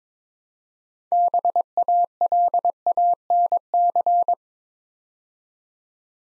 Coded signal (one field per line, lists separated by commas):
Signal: Morse code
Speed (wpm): 22 wpm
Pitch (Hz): 700 Hz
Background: none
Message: BALANC